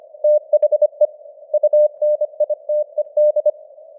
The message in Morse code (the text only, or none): THE UNITED